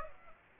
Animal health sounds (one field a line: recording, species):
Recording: mosquito wingbeat signal from an infrared sensor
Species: Aedes aegypti